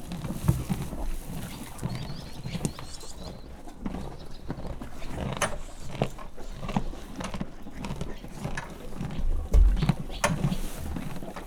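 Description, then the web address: Horse munching with low crunching sounds and a hoof stamp near the end, while a bird twitters briefly in the background early on. Farmyard; horse eating corn and stamping its hoof; swallow also heard. "lo kukoricatesziklabavaldobbant fecske"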